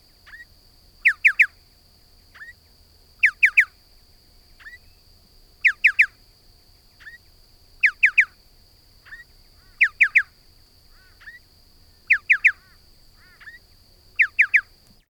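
Striated pardalote giving crisp three-note calls, repeated every few seconds, alternating with quieter single notes.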